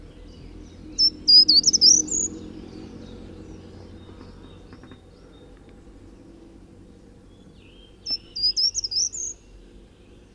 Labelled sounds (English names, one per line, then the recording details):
Short-toed Treecreeper song
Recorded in the wild
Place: Boldevitz, Insel Rügen, Mecklenburg-Vorpommern, DE
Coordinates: 54.441, 13.335
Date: 1972-04-15
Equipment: Nagra III BH, Sennheiser MD 21, parabola
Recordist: Schubert, Michael